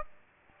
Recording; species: mosquito wingbeat signal from an infrared sensor; Aedes aegypti